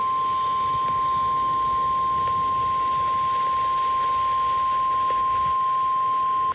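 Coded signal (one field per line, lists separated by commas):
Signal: Emergency Alert System (SAME) tones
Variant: 1050 Hz attention tone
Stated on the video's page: Required Weekly Test received on a NOAA weather radio station, in windy conditions.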